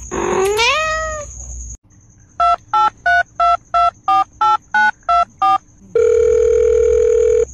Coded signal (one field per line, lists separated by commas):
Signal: DTMF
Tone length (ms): 180 ms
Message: 2832248924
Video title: Cat dialling phone #Shorts